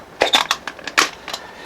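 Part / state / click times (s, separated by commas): smartphone into a protective camera rig case / seated / 1.0 s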